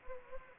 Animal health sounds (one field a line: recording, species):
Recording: mosquito wingbeat signal from an infrared sensor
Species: Anopheles gambiae